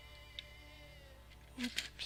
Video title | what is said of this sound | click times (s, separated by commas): This Lego is Lava series 3 episode 1 Sept 18 2018 | you're not seated properly. | 1.8 s